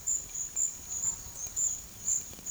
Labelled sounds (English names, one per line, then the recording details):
none
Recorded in pastures near Puerto Asís, Putumayo, Colombia, on 25 June 2025 at 12:30
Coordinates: 0.502, -76.324
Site G010